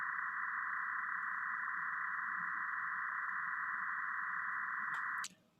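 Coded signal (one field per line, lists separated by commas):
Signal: MT63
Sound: steady wide rushing warble of many tones, about one kilohertz wide, then stops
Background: radio static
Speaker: the next one mt63 uh an orthogonal frequency division multiplexed digital data mode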